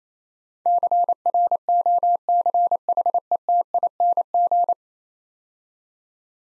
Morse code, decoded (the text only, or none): CROCHETING